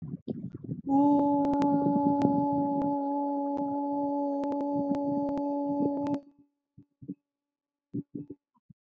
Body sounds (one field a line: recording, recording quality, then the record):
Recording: sustained vowel as in boot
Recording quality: moderate, slight background noise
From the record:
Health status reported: respiratory illness, not identified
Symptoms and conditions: asthma, hypertension, diabetes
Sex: female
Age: 56 years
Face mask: not worn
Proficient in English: yes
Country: India